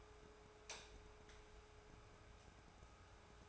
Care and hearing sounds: daily activity, microphone in the room; light off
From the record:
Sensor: 2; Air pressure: 1010.1 hPa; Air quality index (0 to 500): 159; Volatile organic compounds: 7 ppm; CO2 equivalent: 1998 ppm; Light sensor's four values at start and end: 42/105/46/51 and 37/89/40/45

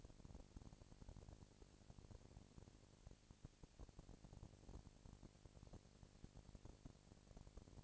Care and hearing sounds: daily activity, microphone in the room; no activity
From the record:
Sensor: 5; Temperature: 19.8 degrees Celsius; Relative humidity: 36.7%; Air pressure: 997.0 hPa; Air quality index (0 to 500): 169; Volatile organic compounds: 14 ppm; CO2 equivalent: 2440 ppm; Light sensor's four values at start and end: 2/3/1/1 and 2/3/1/1

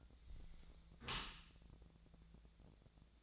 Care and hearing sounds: daily activity, microphone in the room; close dishwasher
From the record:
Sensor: 3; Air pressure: 1000.5 hPa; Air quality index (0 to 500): 174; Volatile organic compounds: 3 ppm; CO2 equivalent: 1505 ppm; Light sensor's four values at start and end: 13/35/14/15 and 13/35/14/15

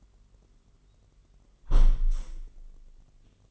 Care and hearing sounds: daily activity, microphone in the room; close window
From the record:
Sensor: 4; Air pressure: 999.4 hPa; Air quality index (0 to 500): 122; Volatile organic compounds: 2 ppm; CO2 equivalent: 1205 ppm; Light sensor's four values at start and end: 17/42/17/19 and 17/42/17/19

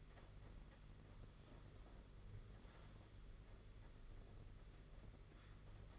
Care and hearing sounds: daily activity, microphone in the room; typing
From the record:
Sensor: 4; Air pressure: 992.6 hPa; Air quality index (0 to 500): 137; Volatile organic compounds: 62 ppm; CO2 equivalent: 3435 ppm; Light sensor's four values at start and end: 19/66/24/25 and 19/66/24/25

